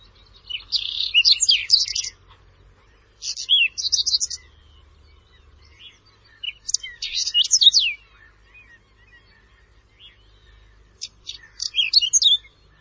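Bird song in four bursts of rapid, high, twittering and chirping phrases separated by short pauses, with a faint low hum underneath.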